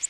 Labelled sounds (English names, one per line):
Orange-crowned Warbler flight call